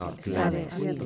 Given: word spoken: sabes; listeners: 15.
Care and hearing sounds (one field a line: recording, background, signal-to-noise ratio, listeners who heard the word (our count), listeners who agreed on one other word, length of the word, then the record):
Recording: one Spanish word in noise, from a listening test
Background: four-talker babble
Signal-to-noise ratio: -2.0 dB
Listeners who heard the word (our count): 2 of 15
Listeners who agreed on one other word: 7 of 15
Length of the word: 0.66 s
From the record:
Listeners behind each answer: 7, 3, 2, 1, 1, 1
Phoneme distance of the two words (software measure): 10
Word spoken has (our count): 2 syllables, 5 phonemes, stress on syllable 1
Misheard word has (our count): 2 syllables, 5 phonemes, stress on syllable 2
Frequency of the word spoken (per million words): 68.11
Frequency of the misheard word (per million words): 200.86